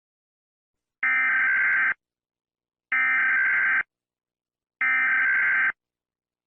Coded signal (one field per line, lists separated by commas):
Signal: Emergency Alert System (SAME) tones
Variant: header bursts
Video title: DO NOT MOVE: EAS Scenario